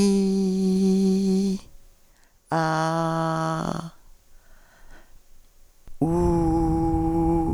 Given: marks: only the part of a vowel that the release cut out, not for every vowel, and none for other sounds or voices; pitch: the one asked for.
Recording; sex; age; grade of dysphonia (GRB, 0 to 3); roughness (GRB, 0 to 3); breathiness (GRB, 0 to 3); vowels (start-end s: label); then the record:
sustained vowels; female; 50 to 59 years; 2; 2; 1
0.00-1.35 s: vowel /i/, normal pitch
2.58-3.48 s: vowel /a/, normal pitch
6.14-7.37 s: vowel /u/, normal pitch
From the record:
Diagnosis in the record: Reinke's edema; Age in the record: 53 years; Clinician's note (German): Beidseitig mäßiggradig mit funktioneller Komponente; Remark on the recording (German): die u's sind stark aspiriert (Auswirkung in NSP-Datei?!)